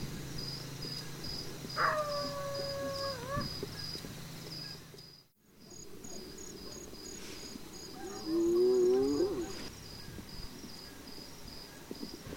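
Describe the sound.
Hyena calls: a drawn-out tonal call with clear harmonics near two seconds, then a wavering, rising call near nine seconds, over steady pulsing insect chirps.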